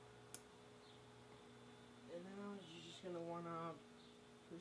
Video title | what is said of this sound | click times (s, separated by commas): How to install side lights on 2019 Honda Civic | in here make sure it clicks like that and then | 0.3 s